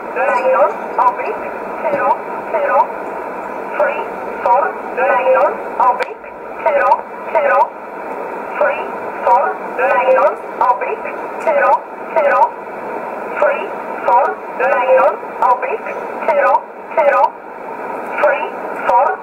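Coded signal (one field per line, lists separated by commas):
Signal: numbers station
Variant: E11, English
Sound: a single voice reading short words at a steady, even rhythm over a narrow radio channel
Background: radio static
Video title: 20 05 2020 E11 Oblique Numbers station in English 0746 on 15720 unknown tx site in USB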